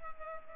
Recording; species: mosquito wingbeat signal from an infrared sensor; Culex pipiens